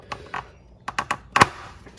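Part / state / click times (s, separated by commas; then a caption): intake hose fitting into plastic airbox / seated / 1.4 s. A plastic intake hose fitting is clicked back into the plastic airbox housing while installing a Burger Motorsports oil catch can on a BMW 135i E82 with the N54 engine. A few light plastic taps and clacks come first, then the loudest, sharp click at 1.4 s as the fitting seats in the airbox.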